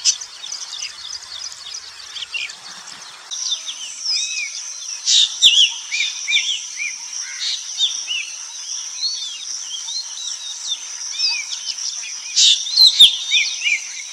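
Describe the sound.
Birds in a dense chorus of rapid, high chirps and short whistled phrases, building after the first few seconds, with a few sharp clicks.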